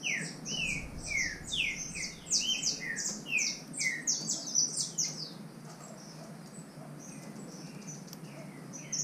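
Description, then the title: Green-winged saltator song, rapid falling whistles crowded together in the first half, then fading to near quiet with faint background noise. Wild bird in the woods, nicknamed Nicão, singing in contest with another free-living bird. "Trinca Ferro NICÃ O No Mato Disputando Com Solto"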